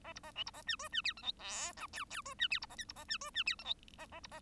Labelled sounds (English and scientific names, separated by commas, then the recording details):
Bengalese Finch (Lonchura striata domestica) song
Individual Bird1